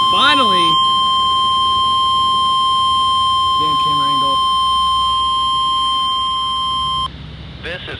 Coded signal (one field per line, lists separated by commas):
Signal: Emergency Alert System (SAME) tones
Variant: 1050 Hz attention tone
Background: speech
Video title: KZZ61 and WXJ91 Required Weekly Test (EAS #318)